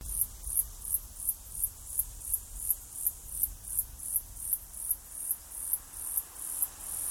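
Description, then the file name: Cicada calling in steady, rapid, high hissing pulses, between two and three per second, over a low rumble of background noise. Australia. "INSECT AUS CICADA"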